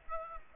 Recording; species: mosquito wingbeat signal from an infrared sensor; Aedes aegypti